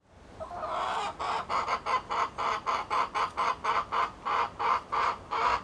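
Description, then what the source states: Chicken calling in a rapid, insistent volley of many harsh, buzzy clucks, briefly drawn out at the start then chopped into quick repeats. Recorded in a henhouse at Appenthal.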